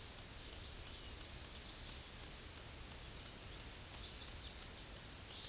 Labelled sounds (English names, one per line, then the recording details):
Black-and-white Warbler song
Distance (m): 40 m
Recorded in a Pennsylvania forest on 19 May 2023 at 07:39
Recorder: AudioMoth, point grid1_14_low
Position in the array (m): 90 m, 114 m